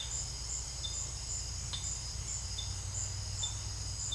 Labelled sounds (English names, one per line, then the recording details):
none
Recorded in secondary vegetation near Puerto Asís, Putumayo, Colombia, on 8 March 2025 at 17:30
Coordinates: 0.498, -76.327
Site G001